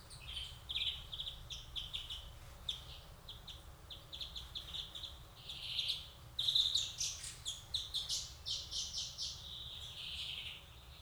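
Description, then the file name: European greenfinch twittering continuously, a jumble of quick chirps, short trills and a few brief wheezy buzzes, growing louder toward the middle. "Chloris chloris"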